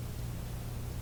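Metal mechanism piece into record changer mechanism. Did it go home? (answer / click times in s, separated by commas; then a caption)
no / none. A small metal mechanism piece is being pushed further up inside the changer mechanism of a Fleetwood 660 record player. Only steady broadband hiss with a low hum is heard, with no distinct sounds. Nothing has snapped or seated yet.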